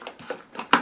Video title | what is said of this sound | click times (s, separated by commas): Miele Blizzard CX1 Bagless Vacuum Cleaner Demonstration & Review | make sure it clicks into place | 0.7 s